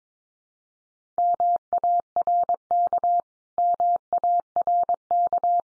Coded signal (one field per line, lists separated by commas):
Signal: Morse code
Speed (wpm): 22 wpm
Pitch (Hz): 700 Hz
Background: none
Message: MARK MARK